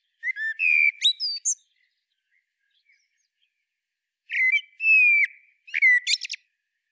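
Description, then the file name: Common blackbird song: two phrases, each a low fluted whistle that breaks into a high, squeaky twitter, separated by a few seconds of quiet. "Turdus merula"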